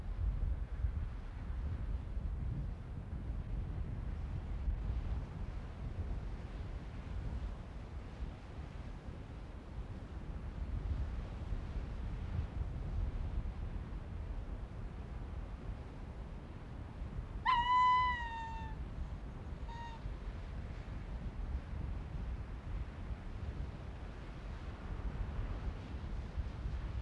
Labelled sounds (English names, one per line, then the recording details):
Arctic Fox
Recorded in the wild
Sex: pair
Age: adult
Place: Insel Mednyi, Kommandeur-Inseln, RU
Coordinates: 54.5167, 168.083
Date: 1999-07-24
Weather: Nebel, 500 m Sicht, 8°C
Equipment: Sony WM-D6C, Sennheiser MKH 70, Windkorb, Kopie Tascam DA 30
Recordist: Frommolt, Karl-Heinz
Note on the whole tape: Nördlich Kap Dlinnyi: "wa"-Laute von Polarfuchsfähe (Alopex lagopus) links Gelb/Orange 37 an der Höhle, Entfernung 20-30 m. Antwort des Rüden rechts Rot/Rot 40 (Uli) - Entfernung 40 m. Uli war aus südlicher Richtung gekommen. Er sitzt auf Felsen in ca. 20 m Höhe. Bewege mich anschließend Richtung Kap Dlinnyi. Uli folgt, äußert "wa"-Laute und anschließend Bellstrophen. Am Ende der Aufnahme nach der Ansage "9.26 Uhr" 2:34 min herausgeschnitten